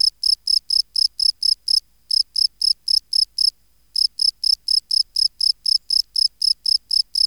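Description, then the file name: Field cricket song: crisp repeated chirps, about four per second, interrupted by two short pauses, with no other sounds. "Gryllus campestris"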